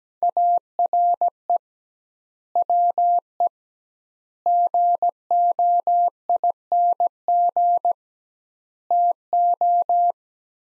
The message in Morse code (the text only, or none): ARE WE GOING TO